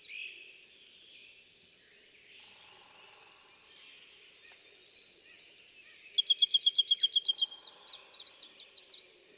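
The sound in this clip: Bachman's sparrow song: a steady whistled note dropping into a rapid, buzzy trill, over continuous soft twittering.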